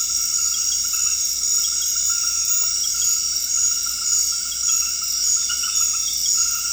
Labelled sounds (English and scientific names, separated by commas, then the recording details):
none
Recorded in dense forest near Puerto Asís, Putumayo, Colombia, on 20 February 2024 at 00:30
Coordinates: 0.485, -76.318
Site G6408